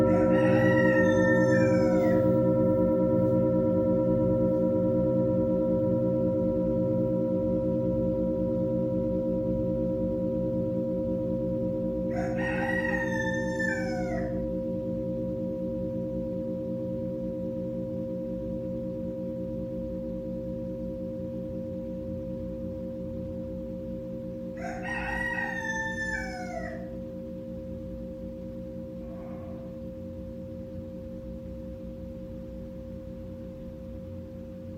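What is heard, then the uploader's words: A Tibetan singing bowl rings with a steady, layered hum that fades very slowly across the whole clip. Three times, at the start, near 12 seconds and near 25 seconds, a rooster crows over the drone, its call rising and falling brightly. Tibetan Singiing Bowl.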